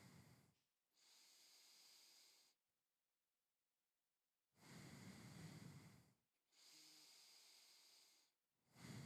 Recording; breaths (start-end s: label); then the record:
nose breathing near a microphone
0.00-0.78 s: exhalation
0.78-2.48 s: inhalation
4.38-6.38 s: exhalation
6.38-8.43 s: inhalation
8.43-9.06 s: exhalation
From the record:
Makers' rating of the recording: medium